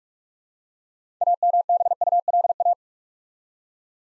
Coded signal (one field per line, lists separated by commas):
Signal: Morse code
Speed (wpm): 44 wpm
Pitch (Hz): 700 Hz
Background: none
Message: AMBULA